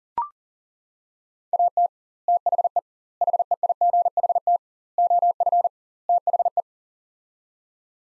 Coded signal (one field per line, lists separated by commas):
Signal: Morse code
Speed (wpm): 40 wpm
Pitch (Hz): 700 Hz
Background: none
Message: AT THE HEIGHT OF THE